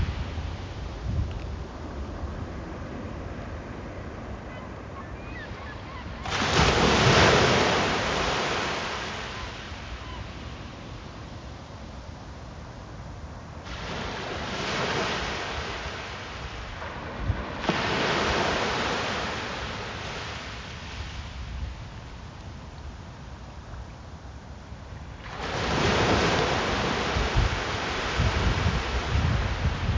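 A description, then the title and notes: Ocean waves at Revere Beach wash in repeatedly, loud surges near 6, 14, 18 and 25 seconds over a steady low rumble. Five Minutes of Ocean Waves. This sound was recorded at Revere Beach in Revere, Mass.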